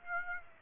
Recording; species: mosquito wingbeat signal from an infrared sensor; Aedes aegypti